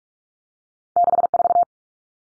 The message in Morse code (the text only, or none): 64